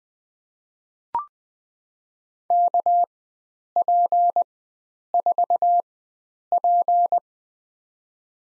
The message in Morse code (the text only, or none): KP4P